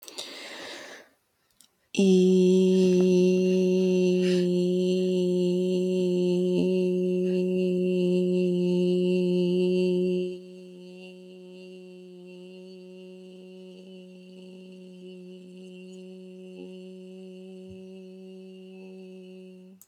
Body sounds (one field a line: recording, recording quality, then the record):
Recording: sustained vowel as in beet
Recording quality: excellent, no background noise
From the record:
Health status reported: healthy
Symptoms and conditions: hypertension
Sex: female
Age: 28 years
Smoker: not ticked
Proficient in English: yes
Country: United States